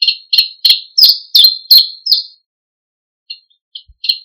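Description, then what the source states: Common chiffchaff singing a brisk series of sharp high notes, about three per second with uneven pitch steps, then a gap and a few quieter notes. Song quite different from Bonelli's warbler's; the bird is nicknamed 'compteur d'écus' (coin counter) for its song.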